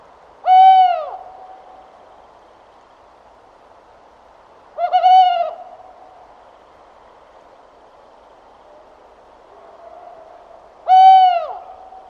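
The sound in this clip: Tawny owl hoots: three short steady notes at mid pitch, spaced irregularly over twelve seconds.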